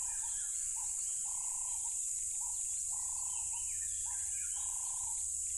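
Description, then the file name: Crickets in a steady, dense high-pitched chorus throughout, with lower mellow notes repeating in short bursts beneath and a faint low rumble. Loud crickets at a tropical river. "smartsound ATMO NATURE Tropical River Loud Crickets"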